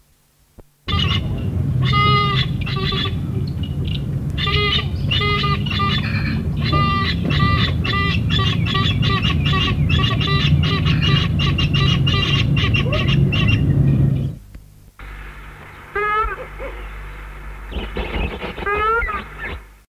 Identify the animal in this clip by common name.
Yellow-casqued Hornbill